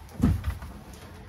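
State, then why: Not seated. After the quick release is pulled, a hydraulic-assisted Murphy bed frame is lifted back up toward its wall cabinet in a 2024 Forest River Flagstaff Micro Lite 25BRDS RV. A low, heavy rumble of handling peaks around 0.2 to 0.3 s, with a softer bump near 0.5 s, then fades into quiet. Nothing has latched or locked into place yet.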